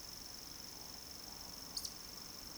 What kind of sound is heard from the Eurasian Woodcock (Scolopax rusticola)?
whistle, croak